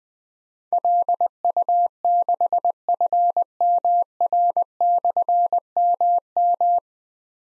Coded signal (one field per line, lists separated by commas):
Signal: Morse code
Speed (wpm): 20 wpm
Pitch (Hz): 700 Hz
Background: none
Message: LU6FMR/MM